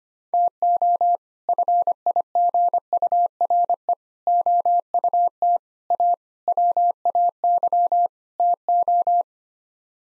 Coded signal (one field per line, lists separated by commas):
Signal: Morse code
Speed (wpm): 25 wpm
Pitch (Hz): 700 Hz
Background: none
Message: TO FIGURE OUT A WAY TO